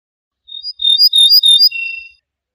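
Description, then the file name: Ortolan bunting song with loud, ringing repeated notes rich in overtones, closing on a steady lower note. "suara kicauan ortolan"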